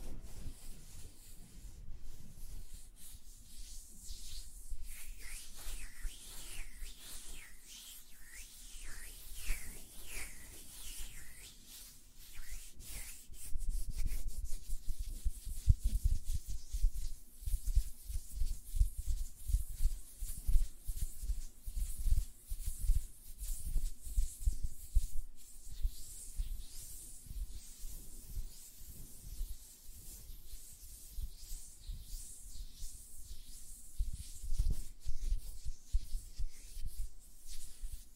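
Soft tapping on nails and fluttering finger sounds, dense and irregular, with brief skittering bursts and low rubbing thumps building after fifteen seconds.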